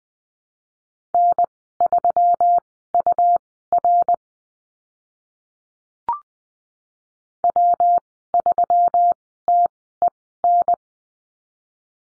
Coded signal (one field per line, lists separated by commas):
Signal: Morse code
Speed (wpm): 20 wpm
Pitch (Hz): 700 Hz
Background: none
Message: N3UR W3TEN